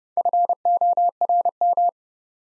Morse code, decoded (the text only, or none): FORM